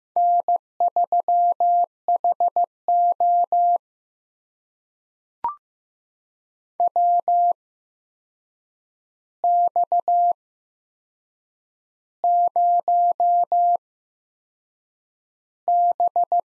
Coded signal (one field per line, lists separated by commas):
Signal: Morse code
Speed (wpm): 15 wpm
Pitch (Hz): 700 Hz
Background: none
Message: N3HO WX0B